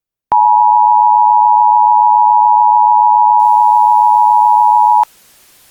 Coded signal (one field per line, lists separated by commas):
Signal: Emergency Alert System (SAME) tones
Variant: 853 and 960 Hz attention tone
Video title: EAS Scenario: Runaway Train